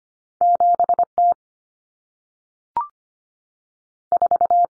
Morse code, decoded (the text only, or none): 7T 4